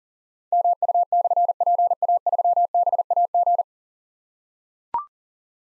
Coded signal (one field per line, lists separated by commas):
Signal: Morse code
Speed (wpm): 40 wpm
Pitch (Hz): 700 Hz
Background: none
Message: MU/PA3BAG